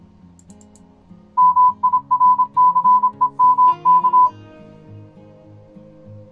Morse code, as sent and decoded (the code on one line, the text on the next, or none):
-- .. .-. -.-. . -- -.-
MIRCEMK